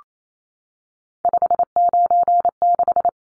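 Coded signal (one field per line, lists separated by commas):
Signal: Morse code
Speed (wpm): 28 wpm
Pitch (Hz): 700 Hz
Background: none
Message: 596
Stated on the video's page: Morse code practice of three-digit numbers at 28 wpm for head-copy.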